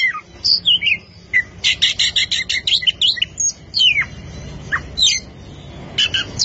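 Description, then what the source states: Oriental magpie-robin delivers fast scratchy note bursts mixed with clear down-slurred whistles, phrases broken by brief pauses. Champion singing bird.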